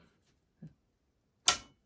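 A click-type torque wrench with a 9/64" hex bit tightens the second handguard clamp screw on a rifle handguard, alternating between the screws until the wrench reaches its set torque. After a faint low thump near 0.6 s, the wrench gives a sharp, bright click at 1.5 s that rings out briefly. This second click confirms the screw is at torque and the job is done.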